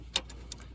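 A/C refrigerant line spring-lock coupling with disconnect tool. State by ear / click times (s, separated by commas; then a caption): released / 0.2 s. A disconnect tool is placed around the flared end of a spring-lock A/C refrigerant line coupling on a 1997 Lincoln Town Car, Grand Marquis or Crown Vic and pushed toward the front until the garter spring releases; the line had already been undone for the demonstration. A sharp bright click sounds at 0.2 s, followed by fainter ticks around 0.3 s, 0.5 s and 0.6 s. The coupling clicks open, releasing the line so it can slide out.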